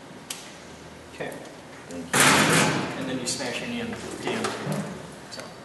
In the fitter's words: you just squeeze it right in and you'll feel it click